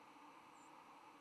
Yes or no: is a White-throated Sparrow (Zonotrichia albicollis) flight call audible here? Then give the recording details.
yes. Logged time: 08:07 on 10 November 2014